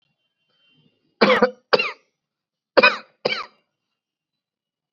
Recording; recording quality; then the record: shallow voluntary cough; excellent, no background noise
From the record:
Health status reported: COVID-19 positive, mild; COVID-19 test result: positive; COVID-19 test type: RT-PCR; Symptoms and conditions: cough, sore throat, fatigue, muscle pain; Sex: male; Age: 40 years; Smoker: no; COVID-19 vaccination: both doses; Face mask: worn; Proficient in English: yes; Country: India